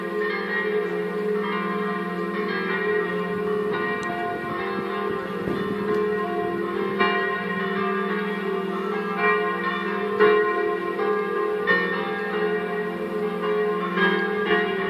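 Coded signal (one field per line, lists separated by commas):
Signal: bell signal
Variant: Italian distesa, three bells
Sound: several church bells swinging and ringing continuously in overlapping, rhythmic peals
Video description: infine per un funerale distesa delle tre minori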